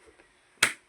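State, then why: Seated. A plastic visor lock on a motorcycle helmet shell is engaged so the raised visor will not drop. After a faint tick at 0.2 seconds, a sharp, bright click sounds at 0.6 seconds. The lock clicks shut and the visor is now locked.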